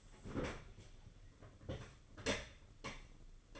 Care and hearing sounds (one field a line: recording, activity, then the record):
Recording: daily activity, microphone in the room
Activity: open fridge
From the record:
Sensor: 4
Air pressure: 995.3 hPa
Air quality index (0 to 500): 211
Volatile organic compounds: 228 ppm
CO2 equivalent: 4300 ppm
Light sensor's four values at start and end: 29/93/34/37 and 28/90/33/36